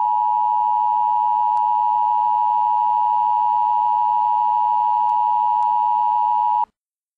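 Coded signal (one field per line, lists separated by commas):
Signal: Emergency Alert System (SAME) tones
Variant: 853 and 960 Hz attention tone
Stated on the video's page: Real EAS activations during the St. Louis tornado, presented as a timeline.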